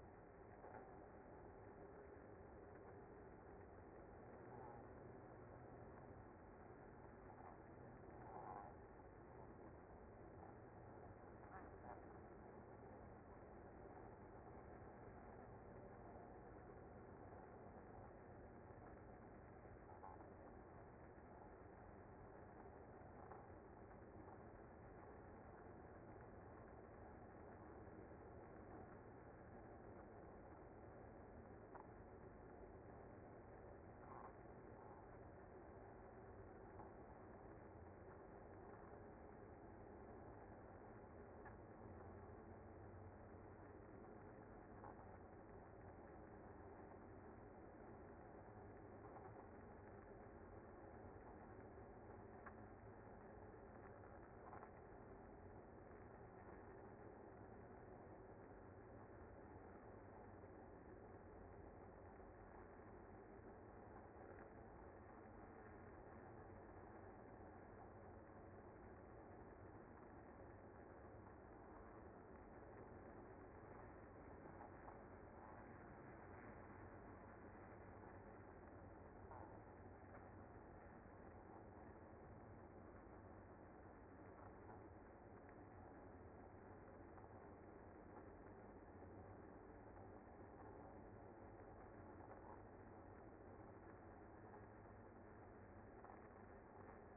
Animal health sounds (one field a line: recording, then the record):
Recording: honeybee colony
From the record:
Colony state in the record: active